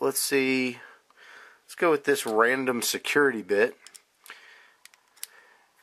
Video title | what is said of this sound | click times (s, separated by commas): Kershaw Select Fire: Economical Utility | pops right in quarter inch drive you take these two with you | 5.2 s